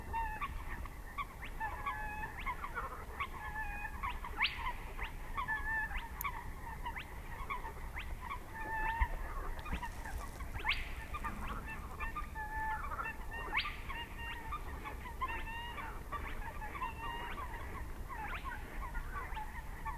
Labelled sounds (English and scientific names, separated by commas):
Spotted Crake (Porzana porzana)